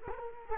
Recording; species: mosquito wingbeat signal from an infrared sensor; Culex quinquefasciatus